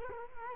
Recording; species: mosquito wingbeat signal from an infrared sensor; Culex quinquefasciatus